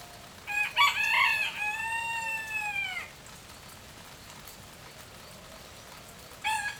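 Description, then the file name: Chicken: rooster crow with a rough, broken start and a sustained harmonic tail ending near three seconds, then quiet hiss, and the start of another crow right at the close. High-pitched crow of a rooster in light rain, with crickets and birds heard far off. "Galo canta agudo na chuva fraca, grilo e passaros longe"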